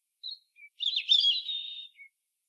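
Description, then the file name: European robin singing a thin high note and a lower one, then a jumbled rich warble of sliding notes ending with a soft low note. "Erithacus rubecula"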